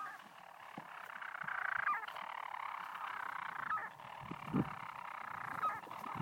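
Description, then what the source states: European storm petrel purring song, a continuous churring drone broken by a short hiccup-like note about every two seconds. Singing from the walls of a broch on Mousa, Shetland, possibly anticipating a mate's return; many birds flying around.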